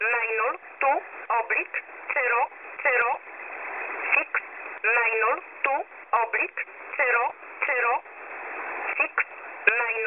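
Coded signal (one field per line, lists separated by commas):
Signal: numbers station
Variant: E11 Oblique, English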